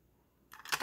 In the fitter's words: like so i should just click in place yes and then just turn it